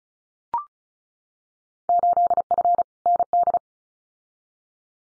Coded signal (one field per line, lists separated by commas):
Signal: Morse code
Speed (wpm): 36 wpm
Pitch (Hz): 700 Hz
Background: none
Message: 8F ND